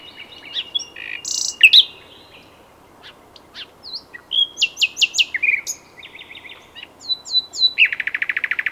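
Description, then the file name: Common nightingale singing varied phrases: scattered sharp notes, a pause, then rapid repeated chirps and a fast buzzy trill at the end, over faint steady background hiss. "Luscinia megarhynchos"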